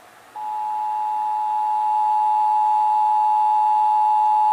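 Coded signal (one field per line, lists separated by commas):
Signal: Emergency Alert System (SAME) tones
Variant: 853 and 960 Hz attention tone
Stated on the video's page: Texas required monthly test relayed by radio and TV stations.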